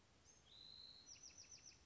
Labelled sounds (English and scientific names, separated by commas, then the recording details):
Bewick's Wren (Thryomanes bewickii)
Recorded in Sonoma County, California